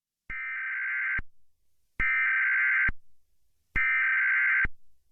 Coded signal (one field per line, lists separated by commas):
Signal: Emergency Alert System (SAME) tones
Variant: header bursts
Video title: Project Zomboid EAS scenario [Collapsed Civilization]